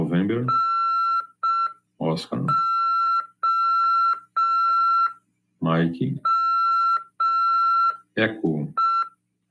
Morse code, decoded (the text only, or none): NOME